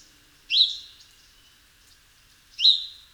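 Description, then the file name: House sparrow giving two sharp, bright chirps about two seconds apart, each with a quick upward sweep, against a quiet background. "Passer domesticus"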